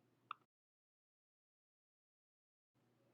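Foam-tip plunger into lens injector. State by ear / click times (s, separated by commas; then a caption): seated / 0.3 s. A foam-tip plunger is pushed into a lens injector while the plunger button on the back is held down, and a single sharp click at 0.3 s marks the two parts snapping together. The faint low background noise then drops to silence and returns near the end, with the plunger seated and locked in place.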